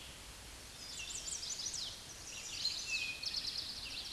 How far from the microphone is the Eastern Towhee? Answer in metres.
about 20 m